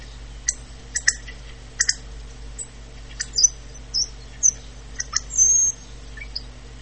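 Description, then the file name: Hawfinch giving short sharp clicky ticks and a few thin high whistled notes, spaced irregularly over a steady low hum. "coccothraustes"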